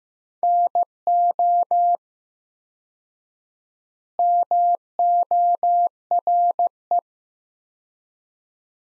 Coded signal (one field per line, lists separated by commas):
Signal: Morse code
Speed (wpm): 15 wpm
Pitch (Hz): 700 Hz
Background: none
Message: NO MORE